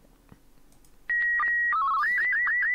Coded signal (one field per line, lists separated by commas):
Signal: SSTV (slow-scan television)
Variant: Martin 1